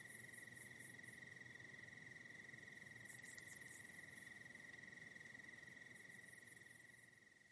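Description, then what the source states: Crickets trilling steadily at high pitch, with a few louder chirp bursts midway, fading slightly toward the end. Soft night ambience of crickets in the Hollywood Hills.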